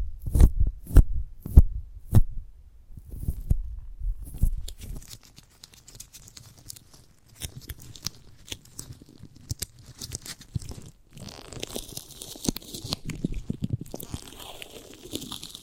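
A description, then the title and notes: Chewing and biting into a giant gummy bear, with sharp crunchy bites early, then softer irregular squishing and tearing sounds throughout. ASMR of a Giant Gummy Bear (No Talking).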